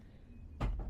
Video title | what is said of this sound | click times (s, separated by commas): How to change the front brake pads and discs on a Peugeot 107 | Yes. Jackpot click | 0.8 s